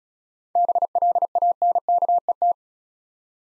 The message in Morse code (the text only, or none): BLANKET